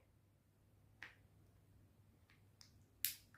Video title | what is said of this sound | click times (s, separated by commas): OneLeaf nv500 review - digital day and night rifle scope | clicks into place | 3.1 s